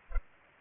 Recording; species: mosquito wingbeat signal from an infrared sensor; Culex pipiens